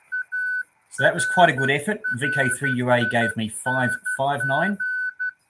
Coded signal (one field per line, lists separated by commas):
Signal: Morse code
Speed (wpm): 12 wpm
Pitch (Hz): 1500 Hz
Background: speech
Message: ARRING